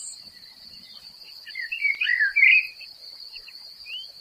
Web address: SETE data Turdus merula